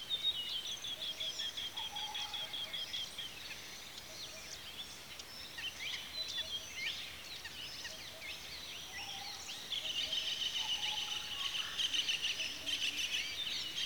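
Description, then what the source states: Birds chirping in a dense chorus, quick high twittering notes overlapping throughout, with a few lower whistled calls now and then. Birds at a watering hole in the afternoon.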